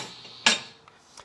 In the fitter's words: detent that's going to be at about I think it's going to be about 18 inches something like that clicks over like that